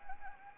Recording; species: mosquito wingbeat signal from an infrared sensor; Anopheles arabiensis